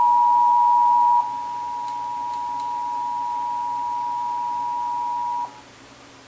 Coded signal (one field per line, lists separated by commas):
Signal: Emergency Alert System (SAME) tones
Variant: 853 and 960 Hz attention tone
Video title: (EAS #1,072-1,078) June 2026 Texas Required Monthly Test